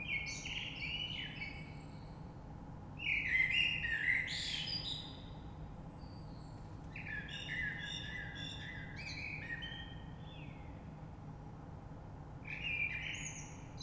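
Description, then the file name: Common blackbird song, rich fluting notes followed by scratchy high-pitched flourishes, four phrases separated by short pauses against low constant rumble. Recorded 3 March 2020. "Rush Merle"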